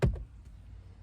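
After a cabin filter change on a 2018 Chevrolet Malibu, a plastic glovebox trim piece is pushed in and slid down into the dashboard. One sharp click sounds at 0.0 s, followed by a faint tick at about 0.2 s and then quiet. The trim piece pops into place and is seated.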